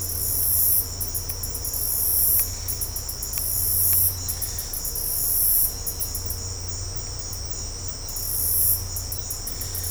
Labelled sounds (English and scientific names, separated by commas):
none